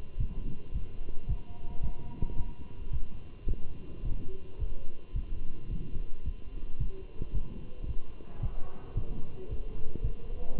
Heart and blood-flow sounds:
heart sounds by stethoscope; between the tricuspid and mitral areas; 110 bpm
0.20 s: heartbeat
0.74 s: heartbeat
1.29 s: heartbeat
1.84 s: heartbeat
2.38 s: heartbeat
2.93 s: heartbeat
3.49 s: heartbeat
4.05 s: heartbeat
4.60 s: heartbeat
5.16 s: heartbeat
5.71 s: heartbeat
6.25 s: heartbeat
6.80 s: heartbeat
7.35 s: heartbeat
7.88 s: heartbeat
8.43 s: heartbeat
8.97 s: heartbeat
9.51 s: heartbeat
10.04 s: heartbeat
10.58 s: heartbeat
From the record:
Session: walking at 3.7 km/h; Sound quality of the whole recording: good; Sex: male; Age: 27 years

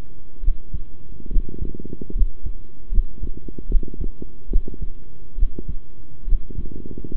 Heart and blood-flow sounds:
heart sounds by stethoscope; between the tricuspid and mitral areas; 71 bpm
0.42 s: heartbeat
1.30 s: heartbeat
2.14 s: heartbeat
2.91 s: heartbeat
3.68 s: heartbeat
4.50 s: heartbeat
5.37 s: heartbeat
6.26 s: heartbeat
7.14 s: heartbeat
From the record:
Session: rest, sitting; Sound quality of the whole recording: good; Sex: male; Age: 23 years

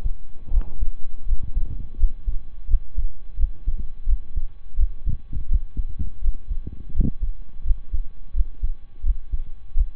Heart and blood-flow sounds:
heart sounds by stethoscope; between the tricuspid and mitral areas; 84 bpm
0.47 s: heartbeat
1.23 s: heartbeat
1.94 s: heartbeat
2.65 s: heartbeat
3.34 s: heartbeat
4.03 s: heartbeat
4.73 s: heartbeat
5.46 s: heartbeat
6.18 s: heartbeat
6.90 s: heartbeat
7.61 s: heartbeat
8.30 s: heartbeat
9.00 s: heartbeat
9.71 s: heartbeat
From the record:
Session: slow and fast walking with breaks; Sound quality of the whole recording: saturated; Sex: male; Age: 25 years

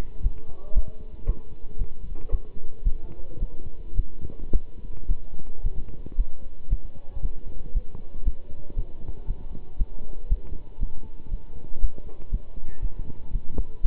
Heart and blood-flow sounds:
heart sounds by stethoscope; between the tricuspid and mitral areas; 115 bpm
0.22 s: heartbeat
0.74 s: heartbeat
1.25 s: heartbeat
1.78 s: heartbeat
2.30 s: heartbeat
2.83 s: heartbeat
3.39 s: heartbeat
3.96 s: heartbeat
4.52 s: heartbeat
5.07 s: heartbeat
5.63 s: heartbeat
6.16 s: heartbeat
6.69 s: heartbeat
7.22 s: heartbeat
7.73 s: heartbeat
8.24 s: heartbeat
8.75 s: heartbeat
9.27 s: heartbeat
9.77 s: heartbeat
10.28 s: heartbeat
10.79 s: heartbeat
11.30 s: heartbeat
11.80 s: heartbeat
12.30 s: heartbeat
12.81 s: heartbeat
13.32 s: heartbeat
13.82 s: heartbeat
From the record:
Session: pedaling a stationary bicycle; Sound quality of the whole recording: good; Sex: male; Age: 27 years

